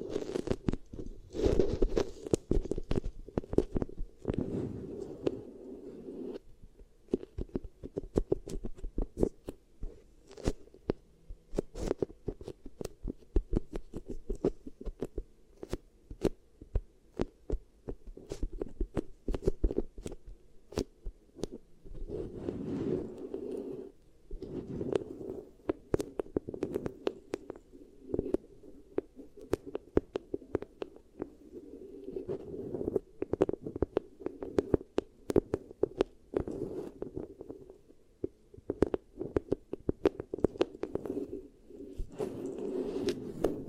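Beeswax is worked over the ears, producing a steady stream of sticky crackles and sharp clicks that run the whole time. Beneath them sits a muffled, thumping low rumble, with brief louder, brighter bursts of rubbing every few seconds.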